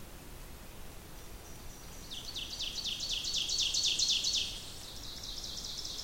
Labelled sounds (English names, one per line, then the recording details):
Ovenbird song
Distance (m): 20 m
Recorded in boreal forest in Alberta, Canada, on 2 June 2016 at 08:06
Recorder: SongMeter 3, array SBT-3-7
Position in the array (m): 259 m, 18 m
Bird 10